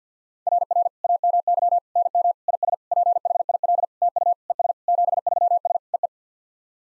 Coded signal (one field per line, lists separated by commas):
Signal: Morse code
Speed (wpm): 50 wpm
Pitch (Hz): 700 Hz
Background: none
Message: RR AMY NM IS PHIL TU ES 73S EE